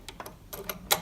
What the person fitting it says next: Again, when we put it on, there is a click sound and it does not move there.